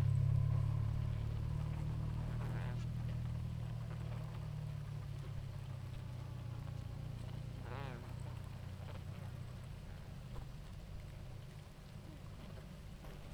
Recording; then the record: honeybee colony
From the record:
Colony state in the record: active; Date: 28 July 2017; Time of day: 18:48